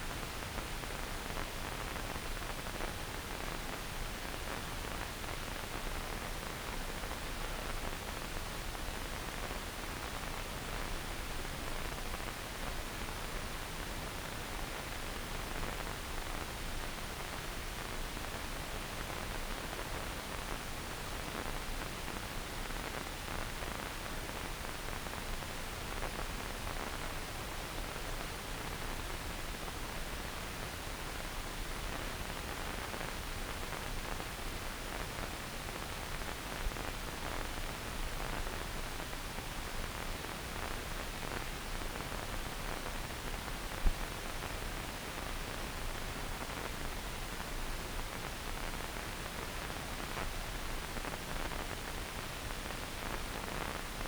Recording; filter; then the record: brain microelectrode recording played as sound; wide band, above 20 Hz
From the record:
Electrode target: subthalamic nucleus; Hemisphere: left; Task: reaching with the right hand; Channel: 1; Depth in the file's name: 0.251 mm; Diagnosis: Parkinson's disease